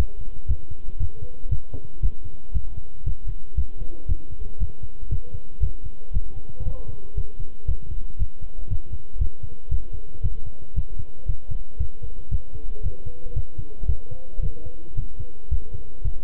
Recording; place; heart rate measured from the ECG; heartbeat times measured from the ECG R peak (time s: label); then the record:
heart sounds by stethoscope; between the tricuspid and mitral areas; 116 bpm
0.48 s: heartbeat
0.99 s: heartbeat
1.51 s: heartbeat
2.02 s: heartbeat
2.54 s: heartbeat
3.06 s: heartbeat
3.57 s: heartbeat
4.08 s: heartbeat
4.60 s: heartbeat
5.11 s: heartbeat
5.62 s: heartbeat
6.13 s: heartbeat
6.65 s: heartbeat
7.17 s: heartbeat
7.68 s: heartbeat
8.19 s: heartbeat
8.70 s: heartbeat
9.20 s: heartbeat
9.71 s: heartbeat
10.23 s: heartbeat
10.76 s: heartbeat
11.28 s: heartbeat
11.79 s: heartbeat
12.31 s: heartbeat
12.83 s: heartbeat
13.36 s: heartbeat
13.88 s: heartbeat
14.42 s: heartbeat
14.97 s: heartbeat
15.51 s: heartbeat
16.04 s: heartbeat
From the record:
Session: walking at 3.7 km/h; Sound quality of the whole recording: good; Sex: male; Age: 25 years